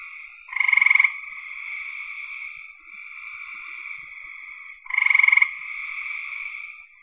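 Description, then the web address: Frog calls: two loud pulsed rattling bursts about four seconds apart, with a steady chorus of softer trilling frogs running throughout. "cn frogs"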